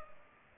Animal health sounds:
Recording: mosquito wingbeat signal from an infrared sensor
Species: Culex pipiens

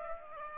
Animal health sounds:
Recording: mosquito wingbeat signal from an infrared sensor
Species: Aedes aegypti

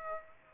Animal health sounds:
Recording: mosquito wingbeat signal from an infrared sensor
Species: Aedes aegypti

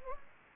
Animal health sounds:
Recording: mosquito wingbeat signal from an infrared sensor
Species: Anopheles gambiae

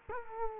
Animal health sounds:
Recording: mosquito wingbeat signal from an infrared sensor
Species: Culex quinquefasciatus

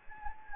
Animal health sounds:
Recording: mosquito wingbeat signal from an infrared sensor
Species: Anopheles gambiae

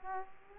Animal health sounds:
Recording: mosquito wingbeat signal from an infrared sensor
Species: Aedes aegypti

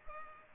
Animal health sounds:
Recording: mosquito wingbeat signal from an infrared sensor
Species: Culex pipiens

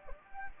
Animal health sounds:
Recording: mosquito wingbeat signal from an infrared sensor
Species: Anopheles gambiae

